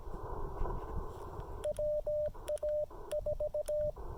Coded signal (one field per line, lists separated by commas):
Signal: Morse code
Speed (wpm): 17 wpm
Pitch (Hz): 600 Hz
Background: radio noise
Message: WA4